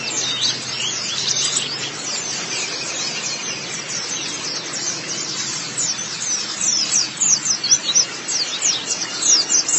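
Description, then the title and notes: White-eye song, a fast chatter of high chirps and trills, growing a little louder and choppier toward the end. "Kicauan Burung Pleci Durasi Panjang. Suara kicauan burung pleci"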